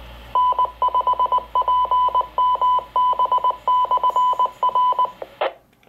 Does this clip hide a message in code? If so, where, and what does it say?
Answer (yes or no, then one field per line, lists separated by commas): yes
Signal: Morse code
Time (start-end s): 0.4-5.0 s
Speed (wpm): 19 wpm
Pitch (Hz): 1000 Hz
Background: none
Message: N5PMB/R